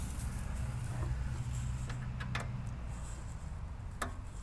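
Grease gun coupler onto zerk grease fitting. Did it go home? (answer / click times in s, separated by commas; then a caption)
yes / 4.0 s. A grease gun coupler is pressed down onto a metal zerk grease nipple over a steady low rumble, with a few faint taps near 1.9 and 2.4 seconds. At 4.0 seconds it snaps on with a sharp pop, which confirms the coupler is seated on the fitting.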